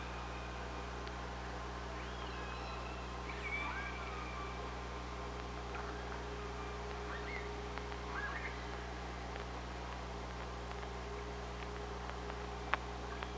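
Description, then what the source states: Killer whale calls, several short looping and upswept tonal calls spread throughout, with scattered clicks over steady underwater noise and hum. Recorded on an OrcaLab hydrophone, 24 August 2017.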